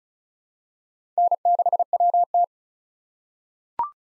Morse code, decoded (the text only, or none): N6WT